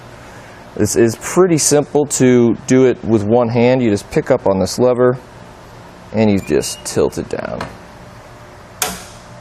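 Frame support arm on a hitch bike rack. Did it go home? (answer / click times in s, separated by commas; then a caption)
yes / 8.8 s. Someone talks while the lever on the frame support arm of a Swagman Current hitch bike rack for two electric bikes, mounted on a 2016 Toyota Highlander, is lifted and the arm is tilted down one-handed. At 8.8 s a single sharp snap is heard as the arm locks into place in its lowered position.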